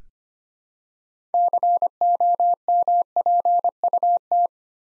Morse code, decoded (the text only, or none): COMPUT